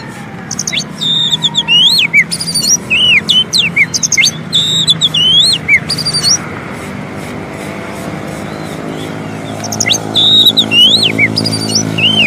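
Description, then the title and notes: Oriental magpie-robin song of sharp whistles and chatter in the first half, a quieter stretch, then another burst of looping whistles; steady low hum throughout. Long-duration song intended for training birds, played day and night. "Kacer Jadi Gacor Siang Malam. Isian Kacer Durasi Panjang"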